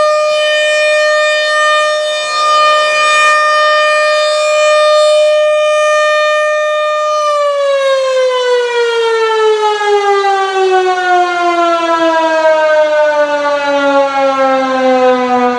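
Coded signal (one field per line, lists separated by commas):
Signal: siren signal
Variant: RM-130 rotating siren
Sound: loud steady siren wail, then a slow wind-down with falling pitch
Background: outdoor ambience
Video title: Canon Vixia HF R700 vs Canon HF R800, Camcorder Comparison at RM-130 Siren Test, Menominee Falls, WI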